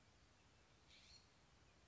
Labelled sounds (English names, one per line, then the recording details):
California Scrub-Jay
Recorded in Sonoma County, California